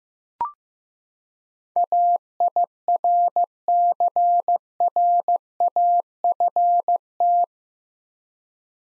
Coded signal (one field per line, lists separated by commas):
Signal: Morse code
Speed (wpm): 15 wpm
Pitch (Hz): 700 Hz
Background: none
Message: AIRCRAFT